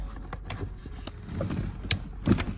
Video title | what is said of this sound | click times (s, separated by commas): Burger Motorsports BMW Pedal Tuner Install/Testing! | Like that, till it snaps. | 1.9 s